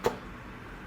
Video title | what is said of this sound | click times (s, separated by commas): Monitor for photographers: BenQ SW271C Review (4K & 27 inch) | so i'm just pushing it and you'll hear a click sound like that | 0.1 s